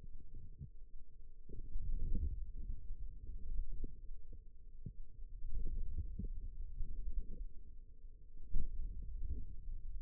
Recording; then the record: forearm muscle sounds (acoustic myography)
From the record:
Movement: radial deviation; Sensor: system 2, bracelet of six BSWA MPA416 microphones around the upper forearm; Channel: 4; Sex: female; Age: 22 years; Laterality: right